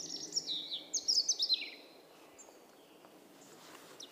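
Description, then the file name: European robin song: one quick phrase of high warbled notes and a descending trill, followed by quiet background hiss. "Erithacus rubecula"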